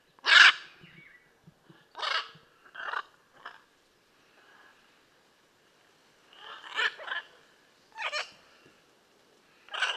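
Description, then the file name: Blue-and-yellow macaw making loud grating squawks in clusters of rough, raspy calls, with a few seconds of near silence between the first and second cluster. "Blue and yellow Macaw Ara ararauna"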